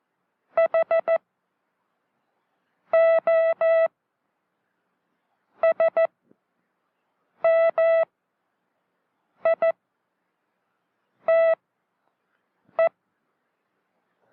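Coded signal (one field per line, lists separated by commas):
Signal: Morse code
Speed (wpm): 14 wpm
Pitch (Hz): 660 Hz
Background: music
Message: HOSMITE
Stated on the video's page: Morse code training from a 1966 US Army film.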